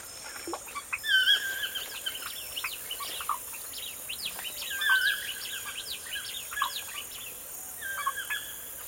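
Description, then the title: Birdsong, several birds trading whistled phrases and chirps in short bursts against a soft steady hiss. Birds singing in a forest in the morning. "Звуки птиц в лесу. Morning birdsong in the forest"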